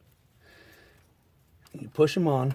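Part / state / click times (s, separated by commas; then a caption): hose quick-connector onto the engine intake fitting / not seated / none. A hose quick-connector with a rubber seal on a 1995 Honda Passport is lined up against the engine intake fitting before being pushed on. Faint handling sounds and soft taps at about 0.1 s and 1.7 s are followed by someone talking. Nothing has clicked or seated yet.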